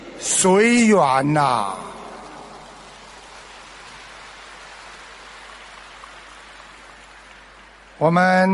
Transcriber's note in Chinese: 掌声